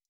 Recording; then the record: hydrophone in a shrimp aquaculture tank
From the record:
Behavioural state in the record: stressed